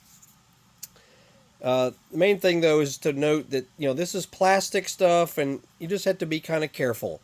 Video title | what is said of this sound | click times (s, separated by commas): Tips working with side mirror and glass Dodge Durango RT SXT SE GT Hellcat Remove Install | just wedge it on there firmly and you'll hear it click in | 0.8 s